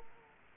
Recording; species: mosquito wingbeat signal from an infrared sensor; Culex quinquefasciatus